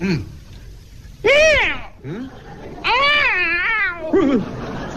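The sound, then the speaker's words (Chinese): A human voice imitates the pained yowling of a cat whose tail has been stepped on: a short cry, then several long, wavering, high-pitched wails that rise and fall, loud against a faint background murmur. “怎么了？这是 踩猫尾巴了。”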